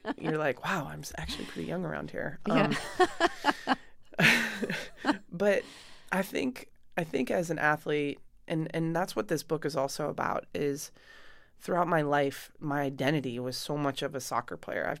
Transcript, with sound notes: you're like, wow, I'm actually pretty young around here.
Yeah.
(LAUGHTER)
But I think as an athlete - and that's what this book is also about, is throughout my life, my identity was so much of a soccer player.